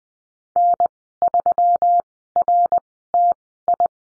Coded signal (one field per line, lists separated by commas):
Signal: Morse code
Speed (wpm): 20 wpm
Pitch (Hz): 700 Hz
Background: none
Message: N3RTI